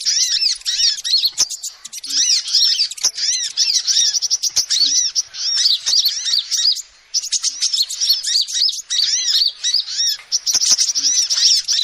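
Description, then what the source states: Lovebird chattering: a continuous stream of shrill, squeaky arched notes with brief pauses near seven seconds, scattered sharp clicks throughout. Lovebird call used as a lure to trap birds.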